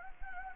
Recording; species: mosquito wingbeat signal from an infrared sensor; Anopheles gambiae